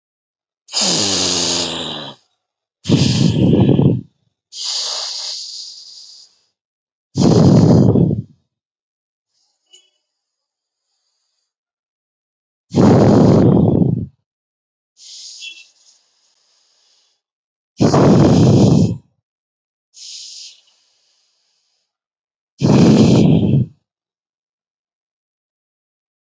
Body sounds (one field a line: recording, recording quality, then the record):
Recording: deep breathing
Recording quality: excellent, no background noise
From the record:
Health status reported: COVID-19 positive, mild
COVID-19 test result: positive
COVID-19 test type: RT-PCR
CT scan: not taken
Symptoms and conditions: cold, breathing difficulty, sore throat, fever, fatigue, muscle pain, loss of smell and taste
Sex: male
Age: 33 years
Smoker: no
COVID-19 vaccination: both doses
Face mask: worn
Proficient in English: yes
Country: India